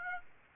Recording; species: mosquito wingbeat signal from an infrared sensor; Aedes aegypti